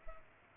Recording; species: mosquito wingbeat signal from an infrared sensor; Culex pipiens